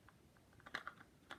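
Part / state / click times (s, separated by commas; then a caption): plastic transmission cover onto RC truck transmission housing / not seated / none. The plastic transmission cover of an SMT10 Max-D RC crawler is handled with a 1.5 mm hex driver nearby and pressed down over the metal spur gear on the transmission housing, giving a string of light, sharp plastic clicks and taps, loudest near 0.8 s and again near 1.3 s. The clip ends before the cover goes home, so nothing has seated or clicked into place yet.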